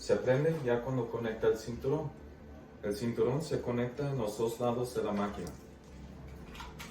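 Someone talks while handling the chest belt connector of a home sleep-apnea test device, bringing the strap end toward the side of the recording unit, which has no power button and turns on once the belt is connected on both sides. No distinct click is heard; the belt has not yet clicked into the device.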